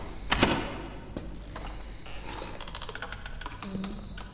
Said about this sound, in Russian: Отпирает ключом дверь.